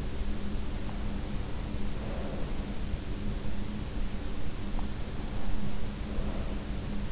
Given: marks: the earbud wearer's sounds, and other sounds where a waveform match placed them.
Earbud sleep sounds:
sounds in sleep by an in-ear microphone; breath
1.70-2.66 s: breath
5.95-6.95 s: breath

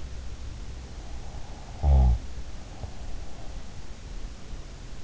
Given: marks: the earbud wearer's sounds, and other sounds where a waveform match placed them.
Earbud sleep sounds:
sounds in sleep by an in-ear microphone; snoring breath
1.52-3.65 s: snoring breath

